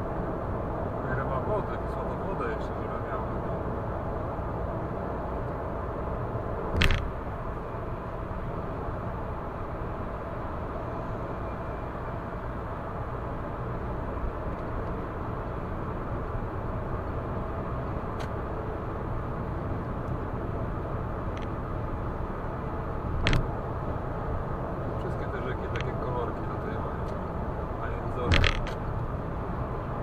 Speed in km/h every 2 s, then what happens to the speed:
106, 106, 106, 106, 106, 106, 106, 106, 114, 117, 118, 119, 120, 120, 120.
0-15 steady at about 106. 15-17 speeds up to 117. 17-30 steady at about 119.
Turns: none.